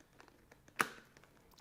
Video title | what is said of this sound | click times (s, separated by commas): Live Production Setup + (Adobe Audition & Premier) - Live Steam (Our Humans) - 04JAN21 | click it in and twist till it clicks and then you are ready to go | 0.8 s